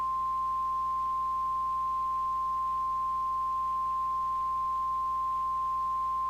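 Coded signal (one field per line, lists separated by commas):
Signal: Emergency Alert System (SAME) tones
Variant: 1050 Hz attention tone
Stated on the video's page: Fictional NOAA Weather Radio scenario with two alerts, using the automated computer voice system.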